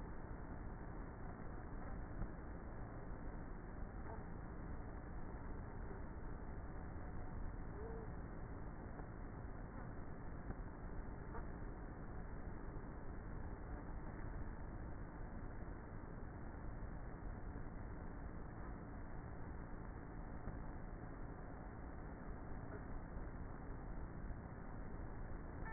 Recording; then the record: honeybee colony, microphone inside the hive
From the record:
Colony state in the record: queenless with a low population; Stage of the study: before two queens were removed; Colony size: about 30,000 bees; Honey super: no